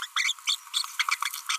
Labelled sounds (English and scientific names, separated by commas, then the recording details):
Green-rumped Parrotlet (Forpus passerinus) babbling
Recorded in a nest box in Venezuela
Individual 18B25A4